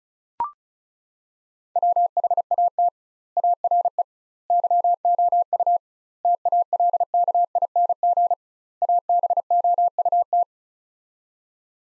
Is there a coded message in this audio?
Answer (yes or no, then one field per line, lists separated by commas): yes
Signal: Morse code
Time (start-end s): 1.8-10.4 s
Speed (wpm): 36 wpm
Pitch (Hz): 700 Hz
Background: none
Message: WHAT ARE YOU TALKING ABOUT